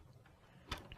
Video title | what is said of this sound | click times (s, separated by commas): Physics Lab Video | being a Pasco motion sensor and a Pasco track it snaps right in and | 0.7 s, 0.9 s